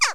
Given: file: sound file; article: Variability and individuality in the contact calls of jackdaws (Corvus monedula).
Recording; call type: jackdaw call; harmonic